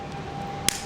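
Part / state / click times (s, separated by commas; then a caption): plastic side cover onto car key fob housing / seated / 0.7 s. A plastic side cover is pressed onto a rebuilt car key fob housing. One sharp snap is heard at 0.7 s over a steady background tone, and the side piece seats in place.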